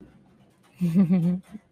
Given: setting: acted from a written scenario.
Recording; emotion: vocal sound without words; romantic love